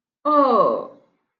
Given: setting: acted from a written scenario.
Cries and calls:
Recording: vocal sound without words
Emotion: guilt

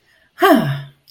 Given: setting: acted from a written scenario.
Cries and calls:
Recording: vocal sound without words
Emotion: pride

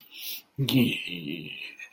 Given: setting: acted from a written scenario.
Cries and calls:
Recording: vocal sound without words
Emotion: pride

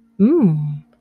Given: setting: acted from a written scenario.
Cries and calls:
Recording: vocal sound without words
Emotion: desire

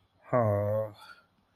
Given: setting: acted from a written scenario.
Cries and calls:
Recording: vocal sound without words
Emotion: embarrassment

